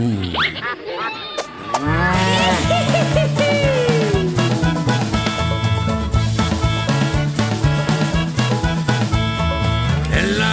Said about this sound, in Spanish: una vaca aquí, una vaca allá